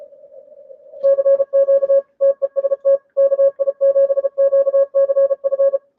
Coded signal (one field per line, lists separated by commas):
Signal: Morse code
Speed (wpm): 34 wpm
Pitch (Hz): 550 Hz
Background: none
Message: CQ TEST KI7QCF